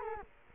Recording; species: mosquito wingbeat signal from an infrared sensor; Culex quinquefasciatus